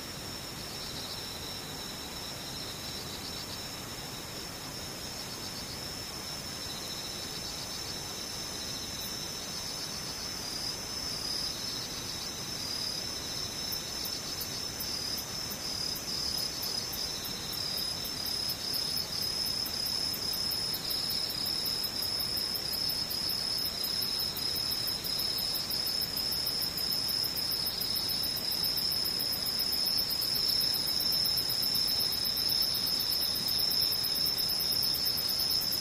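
Insects trill steadily in high, shrill bands, with a faint low rumble underneath, and the chorus grows slightly louder and busier after about fifteen seconds.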